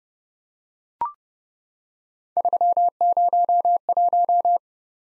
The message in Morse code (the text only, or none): 301